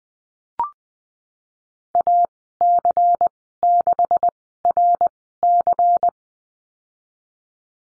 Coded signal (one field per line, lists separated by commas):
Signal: Morse code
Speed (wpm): 20 wpm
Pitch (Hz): 700 Hz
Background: none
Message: AC6RC